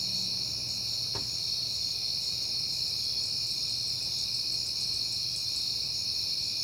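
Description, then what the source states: Crickets trill steadily in a high chorus; a brief click sounds early on, over a low hum. Recorded on a peaceful night in September; crickets heard often that month.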